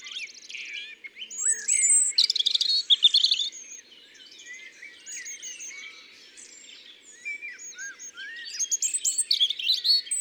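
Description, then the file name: European robin singing a varied, sweet, high-pitched warble, starting with a rapid burst, then quieter liquid notes, and ending in a fresh jumble of bright trills. "Rougegorge familier ABC des chants doiseaux"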